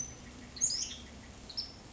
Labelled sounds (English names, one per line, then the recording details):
Western Tanager
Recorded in Sonoma County, California